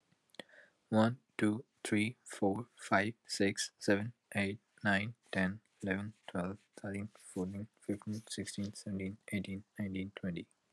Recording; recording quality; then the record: counting at a normal pace; excellent, no background noise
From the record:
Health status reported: healthy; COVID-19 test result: negative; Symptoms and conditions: none ticked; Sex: male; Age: 24 years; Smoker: not ticked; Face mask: not worn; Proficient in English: yes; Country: India